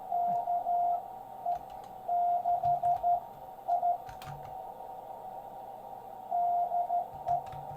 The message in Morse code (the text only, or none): KE6I DE